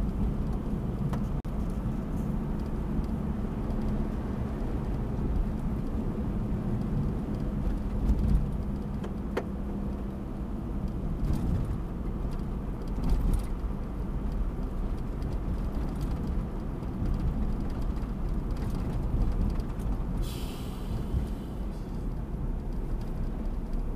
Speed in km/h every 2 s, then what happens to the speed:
52, 54, 52, 52, 49, 47, 46, 45, 47, 46, 43, 42.
0-24 slows to 42.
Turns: none.